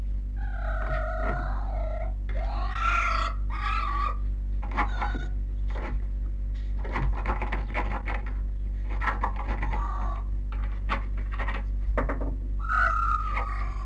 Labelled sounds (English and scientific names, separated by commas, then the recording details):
Red Fox (Vulpes vulpes)
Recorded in captivity
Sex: male
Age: juvenile
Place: Zoologisches Institut der HUB, Berlin, DE
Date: 1958-06-14
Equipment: Smaragd
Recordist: Tembrock, Günter
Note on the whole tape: Welpenrüde "Jean" einzeln gehalten. Beobachter "mufft" ohne hineinzugehen, Welpe winselt hinter der Tür, scharrt, Winseln bis Kreischen, dann auch Bellstrophe und Bellrhythmus